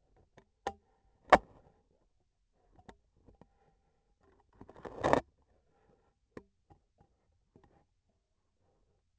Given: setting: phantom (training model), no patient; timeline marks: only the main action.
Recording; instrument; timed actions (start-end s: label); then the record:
laparoscopic instrument, vibration sensor on the handle end; scissors
4.50-5.33 s: cutting thread
From the record:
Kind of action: gesture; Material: cotton thread